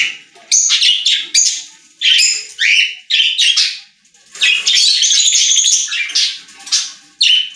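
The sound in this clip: Budgerigar chatter: scratchy, buzzy warbles and squeaky chirps in quick bursts, one longer run of continuous warbling midway.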